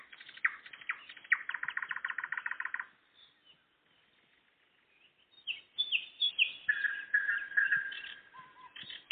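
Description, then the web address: Nightingale song: a long, fast rattling trill of repeated notes, a pause, then varied whistled phrases over faint background hiss. Singing on the evening of 11 May 2014. "spiew-slowika-11052014-wieczor"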